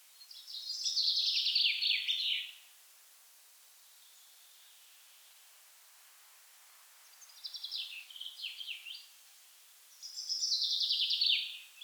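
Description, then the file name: Common chaffinch song: three descending trilled phrases separated by pauses, the middle one fainter. "Fringilla coelebs"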